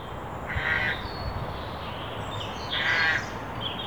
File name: Corvus corone